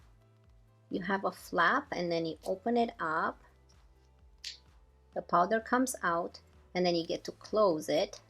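Someone talks while handling a loose setting powder compact with a plastic sifter flap that is closed so the powder stays in. Quiet music plays underneath, and a brief soft hiss is heard around 4.5 seconds. The clip ends before the flap is pressed home; nothing has clicked shut yet.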